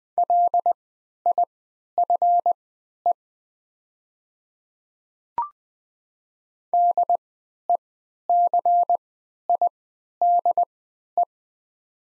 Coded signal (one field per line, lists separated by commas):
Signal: Morse code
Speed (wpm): 20 wpm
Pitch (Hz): 700 Hz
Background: none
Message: LIFE DECIDE